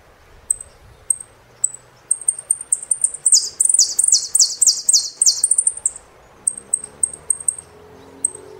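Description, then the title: Saffron finch song: scattered high chips build into a loud burst of rapid, repeated down-slurred notes, then ease back to sparse chips. "Jilguero Argentino"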